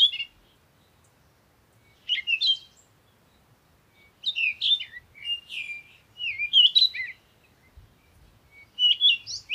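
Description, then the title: Birds singing, a burst of chirps after a quiet stretch, then a busy run of twittered and whistled phrases. Morning birds recorded outdoors in nature while on vacation. "Morning Birds Meditation - Spiritually Fit with Amelia Andaleon"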